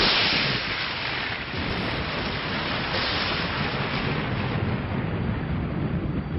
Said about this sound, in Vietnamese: Ngoài tòa cổ lũy hoàng phế, mưa đã ngớt từ lâu, song tiếng sấm trầm đục vẫn vang lên đùng đùng như chưa từng dứt.